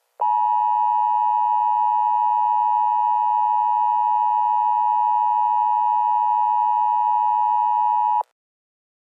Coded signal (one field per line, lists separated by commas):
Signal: Emergency Alert System (SAME) tones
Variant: 853 and 960 Hz attention tone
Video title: EAS Scenario: Colorado Tornado Disaster